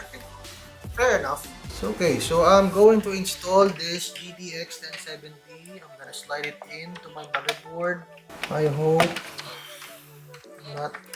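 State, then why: Not seated. A component is being handled and fitted toward its mount in a Cooler Master MasterCase H500P Mesh PC case while someone talks over background music. A few short handling taps are heard, but the clip ends before the part goes home, so nothing has seated or clicked yet.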